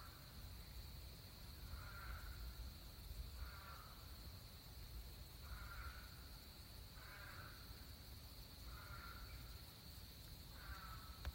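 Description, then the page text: Eastern spadefoot giving brief groaning calls, six of them spaced roughly every one and a half to two seconds, with a constant high whine and low rumble behind. Recorded in Maryland. "Eastern Spadefoot by Andrew Durso"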